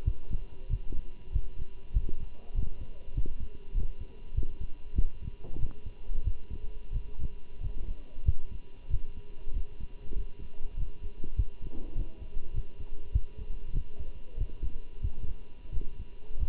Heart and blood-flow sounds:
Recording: heart sounds by stethoscope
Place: between the tricuspid and mitral areas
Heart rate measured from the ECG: 95 bpm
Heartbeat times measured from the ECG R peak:
0.06 s: heartbeat
0.70 s: heartbeat
1.33 s: heartbeat
1.94 s: heartbeat
2.55 s: heartbeat
3.15 s: heartbeat
3.75 s: heartbeat
4.35 s: heartbeat
4.96 s: heartbeat
5.59 s: heartbeat
6.25 s: heartbeat
6.93 s: heartbeat
7.62 s: heartbeat
8.26 s: heartbeat
8.91 s: heartbeat
9.54 s: heartbeat
10.16 s: heartbeat
10.78 s: heartbeat
11.37 s: heartbeat
11.96 s: heartbeat
12.54 s: heartbeat
13.13 s: heartbeat
13.74 s: heartbeat
14.38 s: heartbeat
15.03 s: heartbeat
15.73 s: heartbeat
16.40 s: heartbeat
From the record:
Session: walking at 3.7 km/h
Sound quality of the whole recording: good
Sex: male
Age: 23 years

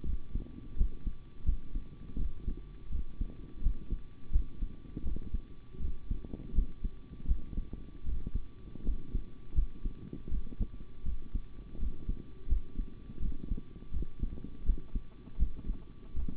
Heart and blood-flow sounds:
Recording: heart sounds by stethoscope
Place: between the tricuspid and mitral areas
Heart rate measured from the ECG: 82 bpm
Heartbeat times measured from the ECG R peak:
0.04 s: heartbeat
0.76 s: heartbeat
1.44 s: heartbeat
2.17 s: heartbeat
2.90 s: heartbeat
3.61 s: heartbeat
4.31 s: heartbeat
5.03 s: heartbeat
5.80 s: heartbeat
6.53 s: heartbeat
7.26 s: heartbeat
8.04 s: heartbeat
8.83 s: heartbeat
9.53 s: heartbeat
10.29 s: heartbeat
11.03 s: heartbeat
11.78 s: heartbeat
12.47 s: heartbeat
13.20 s: heartbeat
13.91 s: heartbeat
14.64 s: heartbeat
15.37 s: heartbeat
16.14 s: heartbeat
From the record:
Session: rest, sitting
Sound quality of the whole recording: good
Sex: male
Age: 25 years

